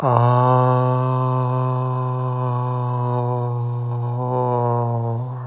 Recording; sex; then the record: sustained vowel /a/; male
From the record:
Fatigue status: fatigue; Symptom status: symptomatic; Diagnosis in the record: COVID-19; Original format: m4a